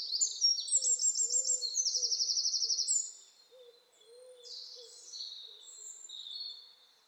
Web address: SETE data Troglodytes troglodytes